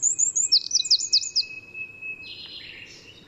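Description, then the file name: Eurasian wren song: a very high and fast run of sharp notes flowing into a rattling trill, with a thin steady whistle beneath. "Troglodytes troglodytes"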